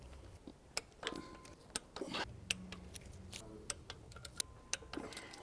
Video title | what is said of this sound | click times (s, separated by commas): Audi S4 Clutch & Flywheel Replacement DIY (2010-2016 Audi B8 & B8.5 S4, 6-Speed) - Part 2 | going to hold everything as we tighten these down until we hear a click | 0.8 s, 1.8 s, 2.5 s, 3.7 s, 4.4 s, 4.7 s